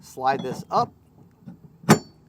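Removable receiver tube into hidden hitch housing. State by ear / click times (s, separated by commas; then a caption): seated / 1.9 s. A removable steel receiver tube for a Stealth Hitches hidden rack receiver is slid up into the hidden hitch housing under a 2024 Audi A5. Someone talks, and then a sharp metallic click sounds at 1.9 s. The tube seats and the handle twists over to lock it in place.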